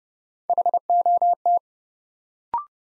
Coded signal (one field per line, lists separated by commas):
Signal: Morse code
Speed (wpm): 29 wpm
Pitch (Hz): 700 Hz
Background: none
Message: HOT